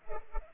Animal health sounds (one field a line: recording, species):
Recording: mosquito wingbeat signal from an infrared sensor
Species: Culex pipiens